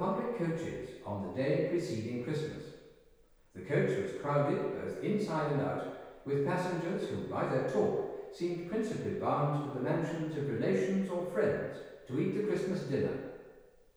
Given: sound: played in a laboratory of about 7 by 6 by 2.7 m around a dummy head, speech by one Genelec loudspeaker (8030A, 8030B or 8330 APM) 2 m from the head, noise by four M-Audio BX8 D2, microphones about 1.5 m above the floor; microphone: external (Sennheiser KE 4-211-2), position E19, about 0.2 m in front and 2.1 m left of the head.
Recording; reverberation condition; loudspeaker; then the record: male speech in English; high; behind (180 degrees)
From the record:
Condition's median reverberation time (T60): about 1300 ms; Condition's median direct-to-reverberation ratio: about -4.0 dB